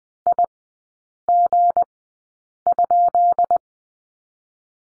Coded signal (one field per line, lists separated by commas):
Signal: Morse code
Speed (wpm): 20 wpm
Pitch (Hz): 700 Hz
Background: none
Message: IG?